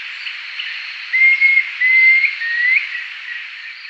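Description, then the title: Planalto tyrannulet song: a short series of three pure, high whistles, each under half a second, the final one curling upward, with steady background hiss throughout. "LuckyPassaro Completos2Sama. Planalto Tyrannulet (Phyllomyias fasciatus)"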